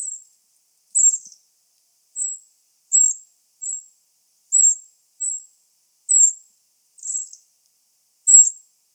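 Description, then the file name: Eurasian wren calling: brief high-pitched chips repeated about once a second, with no other sounds. "Troglodytes troglodytes"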